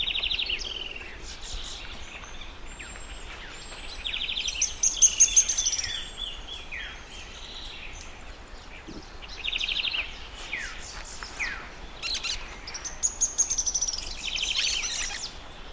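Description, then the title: Grey-headed spinetail calls, high thin trills and descending chattering series in bursts every few seconds, over steady background noise. "LuckyPassaro Completos2Sama. Grey-headed Spinetail (Cranioleuca semicinerea)"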